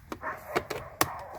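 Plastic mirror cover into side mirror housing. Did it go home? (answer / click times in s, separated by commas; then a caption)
yes / 1.0 s. A plastic mirror cover is pushed up onto the side mirror housing of a 2016 Chevy during a driver-side mirror replacement. Several light taps and knocks come first, then a sharp click at 1.0 s as the cover snaps and pops into place, seated.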